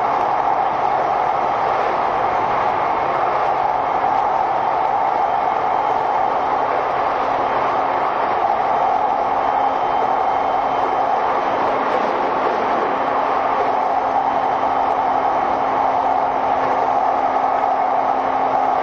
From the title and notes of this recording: 相鉄12000系 相鉄・埼京線特急・普通 01/01:海老名～新宿. 相鉄・埼京線直通＂特急・普通＂の列車走行音. Train running sound.